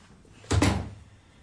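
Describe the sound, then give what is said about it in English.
A door handled in one quick motion: two sharp, closely spaced knocks with a low wooden thud, then a short fading rattle, heard alone with no voices. “And I will tactfully get up and see you to the door.”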